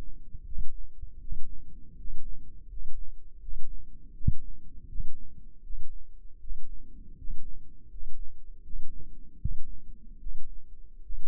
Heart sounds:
heart sounds by microphone in the left ear; 79 bpm
0.44 s: heartbeat
1.19 s: heartbeat
1.96 s: heartbeat
2.68 s: heartbeat
3.39 s: heartbeat
4.13 s: heartbeat
4.87 s: heartbeat
5.61 s: heartbeat
6.39 s: heartbeat
7.15 s: heartbeat
7.88 s: heartbeat
8.62 s: heartbeat
9.38 s: heartbeat
10.18 s: heartbeat
11.01 s: heartbeat
From the record:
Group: healthy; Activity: rest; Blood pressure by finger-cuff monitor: 108/69 mmHg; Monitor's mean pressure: 78 mmHg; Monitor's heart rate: 82 bpm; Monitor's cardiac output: 6.6 L/min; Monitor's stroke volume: 79 mL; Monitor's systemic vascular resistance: 860 dyn s/cm5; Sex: male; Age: 35 years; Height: 180 cm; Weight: 86.9 kg

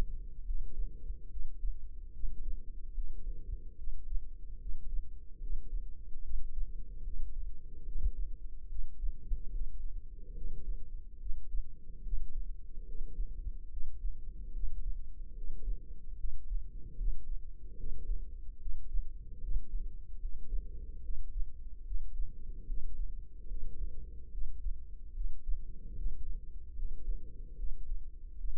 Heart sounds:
heart sounds by microphone in the left ear; 73 bpm
0.44 s: heartbeat
1.28 s: heartbeat
2.11 s: heartbeat
2.93 s: heartbeat
3.75 s: heartbeat
4.57 s: heartbeat
5.38 s: heartbeat
6.21 s: heartbeat
7.02 s: heartbeat
7.83 s: heartbeat
8.67 s: heartbeat
9.49 s: heartbeat
10.33 s: heartbeat
11.17 s: heartbeat
12.01 s: heartbeat
12.84 s: heartbeat
13.68 s: heartbeat
14.51 s: heartbeat
15.33 s: heartbeat
16.15 s: heartbeat
16.95 s: heartbeat
17.75 s: heartbeat
18.57 s: heartbeat
19.38 s: heartbeat
20.18 s: heartbeat
21.00 s: heartbeat
21.82 s: heartbeat
22.65 s: heartbeat
23.46 s: heartbeat
24.29 s: heartbeat
25.12 s: heartbeat
25.94 s: heartbeat
26.74 s: heartbeat
27.54 s: heartbeat
28.35 s: heartbeat
From the record:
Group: healthy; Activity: rest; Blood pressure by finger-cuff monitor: 106/78 mmHg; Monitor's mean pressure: 88 mmHg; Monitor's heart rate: 73 bpm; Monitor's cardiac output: 5.3 L/min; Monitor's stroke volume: 72 mL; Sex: female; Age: 32 years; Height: 172 cm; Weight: 71.7 kg

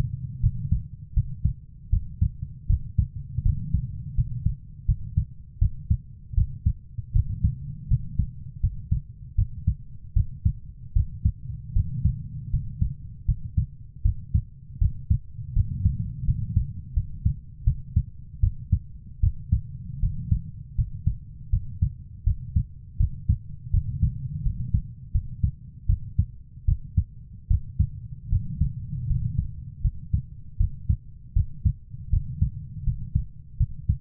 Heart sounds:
heart sounds by stethoscope; 80 bpm
0.41 s: heartbeat
1.14 s: heartbeat
1.90 s: heartbeat
2.67 s: heartbeat
3.43 s: heartbeat
4.15 s: heartbeat
4.86 s: heartbeat
5.59 s: heartbeat
6.35 s: heartbeat
7.13 s: heartbeat
7.88 s: heartbeat
8.61 s: heartbeat
9.36 s: heartbeat
10.14 s: heartbeat
10.93 s: heartbeat
11.73 s: heartbeat
12.51 s: heartbeat
13.26 s: heartbeat
14.02 s: heartbeat
14.79 s: heartbeat
15.53 s: heartbeat
16.25 s: heartbeat
16.94 s: heartbeat
17.64 s: heartbeat
18.40 s: heartbeat
19.20 s: heartbeat
20.00 s: heartbeat
20.75 s: heartbeat
21.50 s: heartbeat
22.24 s: heartbeat
22.97 s: heartbeat
23.71 s: heartbeat
24.43 s: heartbeat
25.12 s: heartbeat
25.86 s: heartbeat
26.65 s: heartbeat
27.48 s: heartbeat
28.29 s: heartbeat
29.07 s: heartbeat
29.82 s: heartbeat
30.57 s: heartbeat
31.33 s: heartbeat
32.10 s: heartbeat
32.84 s: heartbeat
33.57 s: heartbeat
From the record:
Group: healthy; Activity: rest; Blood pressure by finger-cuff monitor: 124/72 mmHg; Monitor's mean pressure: 91 mmHg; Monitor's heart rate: 79 bpm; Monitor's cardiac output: 6.9 L/min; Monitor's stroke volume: 86 mL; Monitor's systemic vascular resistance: 970 dyn s/cm5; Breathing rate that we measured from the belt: 15 breaths a minute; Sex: female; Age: 24 years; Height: 163 cm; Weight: 55.7 kg

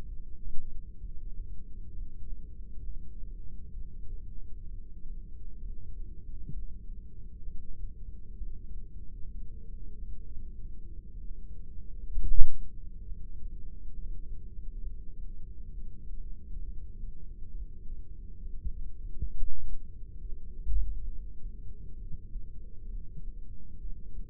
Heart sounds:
heart sounds by microphone in the right ear; 66 bpm
0.08 s: heartbeat
1.00 s: heartbeat
1.93 s: heartbeat
2.84 s: heartbeat
3.73 s: heartbeat
4.66 s: heartbeat
5.61 s: heartbeat
6.52 s: heartbeat
7.43 s: heartbeat
8.37 s: heartbeat
9.33 s: heartbeat
10.25 s: heartbeat
11.19 s: heartbeat
12.14 s: heartbeat
13.06 s: heartbeat
13.94 s: heartbeat
14.82 s: heartbeat
15.73 s: heartbeat
16.64 s: heartbeat
17.53 s: heartbeat
18.42 s: heartbeat
19.33 s: heartbeat
20.20 s: heartbeat
21.06 s: heartbeat
21.96 s: heartbeat
22.88 s: heartbeat
23.80 s: heartbeat
From the record:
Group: heart failure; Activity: rest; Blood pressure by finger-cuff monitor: 130/92 mmHg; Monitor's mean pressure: 106 mmHg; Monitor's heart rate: 66 bpm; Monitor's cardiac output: 6.1 L/min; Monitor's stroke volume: 92 mL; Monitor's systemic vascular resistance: 1290 dyn s/cm5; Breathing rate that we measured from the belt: 17 breaths a minute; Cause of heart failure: idiopathic cardiomyopathy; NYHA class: 1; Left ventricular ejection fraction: 50%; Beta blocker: bisoprolol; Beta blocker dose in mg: 5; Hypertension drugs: candesartan, spironolactone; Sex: male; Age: 54 years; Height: 180 cm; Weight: 94.6 kg

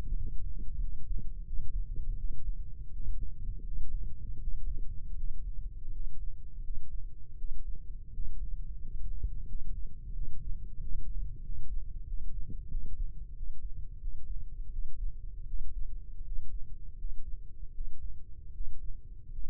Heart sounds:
heart sounds by microphone in the left ear; 85 bpm
0.15 s: heartbeat
0.78 s: heartbeat
1.44 s: heartbeat
2.15 s: heartbeat
2.90 s: heartbeat
3.62 s: heartbeat
4.38 s: heartbeat
5.15 s: heartbeat
5.90 s: heartbeat
6.61 s: heartbeat
7.36 s: heartbeat
8.11 s: heartbeat
8.79 s: heartbeat
9.45 s: heartbeat
10.12 s: heartbeat
10.78 s: heartbeat
11.41 s: heartbeat
12.05 s: heartbeat
12.68 s: heartbeat
13.34 s: heartbeat
13.98 s: heartbeat
14.70 s: heartbeat
15.45 s: heartbeat
16.23 s: heartbeat
16.95 s: heartbeat
17.72 s: heartbeat
18.51 s: heartbeat
19.30 s: heartbeat
From the record:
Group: healthy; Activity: rest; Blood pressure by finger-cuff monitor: 90/62 mmHg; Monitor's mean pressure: 74 mmHg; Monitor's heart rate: 86 bpm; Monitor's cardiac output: 5.4 L/min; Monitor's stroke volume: 60 mL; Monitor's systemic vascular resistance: 960 dyn s/cm5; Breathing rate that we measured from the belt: 22 breaths a minute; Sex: male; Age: 22 years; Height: 181 cm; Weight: 60 kg

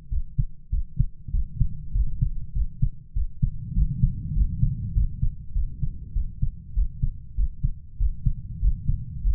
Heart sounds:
heart sounds by stethoscope; 99 bpm
0.12 s: heartbeat
0.73 s: heartbeat
1.34 s: heartbeat
1.95 s: heartbeat
2.56 s: heartbeat
3.16 s: heartbeat
3.76 s: heartbeat
4.36 s: heartbeat
4.95 s: heartbeat
5.55 s: heartbeat
6.16 s: heartbeat
6.77 s: heartbeat
7.38 s: heartbeat
8.00 s: heartbeat
8.63 s: heartbeat
9.24 s: heartbeat
From the record:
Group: healthy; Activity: rest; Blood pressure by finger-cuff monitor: 132/70 mmHg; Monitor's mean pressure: 88 mmHg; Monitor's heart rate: 98 bpm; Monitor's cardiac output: 8.4 L/min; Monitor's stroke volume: 84 mL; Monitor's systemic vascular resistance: 770 dyn s/cm5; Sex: male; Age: 21 years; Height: 175 cm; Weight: 72.6 kg

